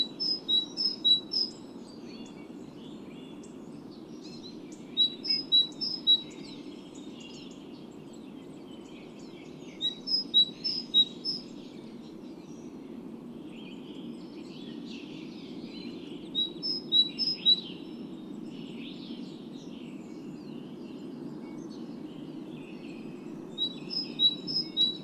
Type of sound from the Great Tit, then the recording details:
song. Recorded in the wild. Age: adult. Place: Schönow, Naturpark Barnim, Brandenburg, DE. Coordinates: 52.6858, 13.5347. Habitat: pine forest. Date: 2005-03-28. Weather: fair, ca. 0°C, moderate winds. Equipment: Tascam DA-P1, Telinga Pro 5, Attenuator 20 dB. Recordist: Frommolt, Karl-Heinz. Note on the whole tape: Kiefernwald ca. 500 m nördlich des Friedhofes Schönow: Gesang. Entfernung 20 m. Tier gesehen